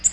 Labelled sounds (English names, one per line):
Nashville Warbler flight call